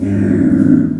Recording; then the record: squeal of a Yucatan mini pig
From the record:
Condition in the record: after surgery on the right vocal fold (resection and tissue-engineered implant); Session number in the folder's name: 4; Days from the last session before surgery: 26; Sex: female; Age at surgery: 19 weeks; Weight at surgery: 25 kg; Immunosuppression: prednisolone